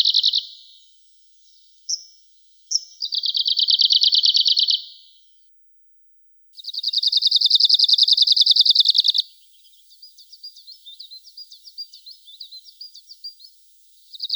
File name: Penochka talovka